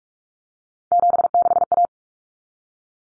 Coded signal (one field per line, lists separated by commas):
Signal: Morse code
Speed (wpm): 44 wpm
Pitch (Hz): 700 Hz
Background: none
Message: 76A